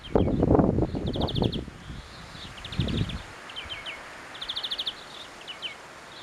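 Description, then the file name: European greenfinch calls as short, rapid trilled bursts and a few quick notes, with loud low rustling or handling noise at the start and again near the middle. "Chloris chloris"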